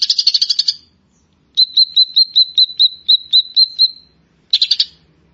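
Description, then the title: Grey-cheeked bulbul: a fast buzzy trill, then a regular string of about ten clear whistled notes, ending with another short chattering burst. "Kicau Burung Cucak Jenggot"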